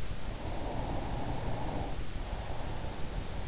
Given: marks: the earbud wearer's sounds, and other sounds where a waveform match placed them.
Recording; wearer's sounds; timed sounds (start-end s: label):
sounds in sleep by an in-ear microphone; breath
0.08-3.48 s: breath